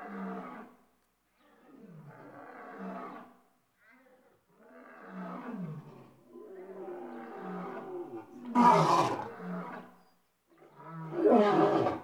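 Lion producing a run of moaning, grunting roars that build in strength, with two louder harsh bursts toward the end.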